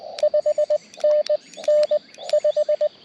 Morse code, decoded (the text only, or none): 5NN 5